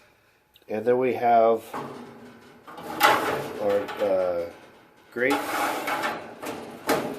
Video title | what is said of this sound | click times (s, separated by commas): Assembling the Dyna-Glo DGO1890BDC-D Wide Body Vertical Offset Charcoal Smoker | it snaps into place there. | 6.9 s